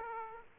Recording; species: mosquito wingbeat signal from an infrared sensor; Aedes aegypti